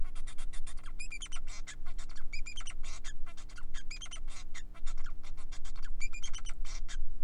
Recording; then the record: song of a male Bengalese finch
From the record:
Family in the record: son of father 4